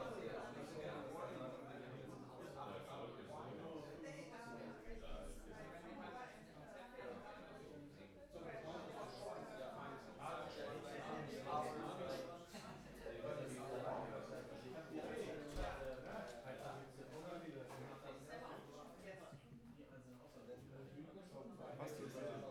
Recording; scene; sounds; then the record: everyday scene through a hearing-aid microphone; many people talking; many voices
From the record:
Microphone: behind the ear, right, rear